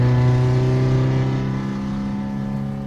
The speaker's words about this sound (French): Pour le moment, on va tirer que 6000 tours parce que la voiture est froide.